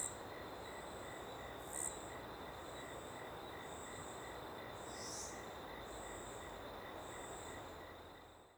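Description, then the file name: Cricket chirping in steady, short repeated pulses over a constant broad rush, fading out at the end. Ambience in a small open woodland with a river in the background; cricket prominent on the left channel. "Ambiente em Pequena Mata Aberta e Rio ao Fundo com Grilo bem Presente na Esquerda"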